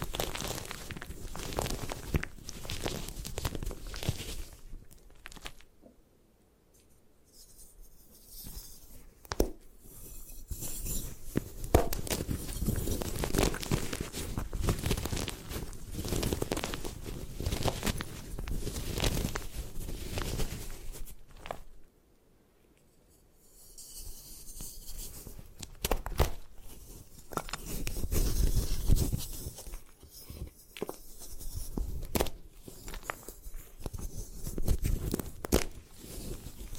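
A block of gym chalk being crushed and broken apart, with dense crunching and crumbling sounds in irregular bursts. Sharp cracks punctuate the grinding throughout, with brief near-silent pauses around 6 seconds and again around 22–24 seconds before the crushing resumes.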